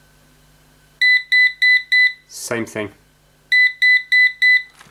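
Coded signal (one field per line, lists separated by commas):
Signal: none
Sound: robot vacuum's beeps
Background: speech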